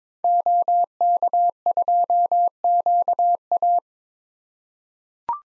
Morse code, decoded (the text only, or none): OK2QA